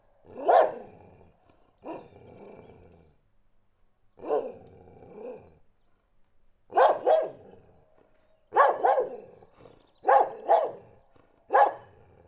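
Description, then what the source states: Dog barking, widely spaced single barks at first, then quicker double barks repeating roughly every one and a half seconds. Dog barking in Listvyanka.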